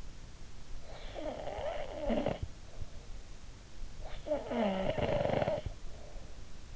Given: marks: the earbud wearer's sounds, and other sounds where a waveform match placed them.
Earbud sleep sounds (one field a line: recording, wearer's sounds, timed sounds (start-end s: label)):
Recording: sounds in sleep by an in-ear microphone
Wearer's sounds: snoring breath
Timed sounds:
0.51-2.98 s: snoring breath
3.80-6.53 s: snoring breath